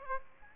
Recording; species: mosquito wingbeat signal from an infrared sensor; Aedes aegypti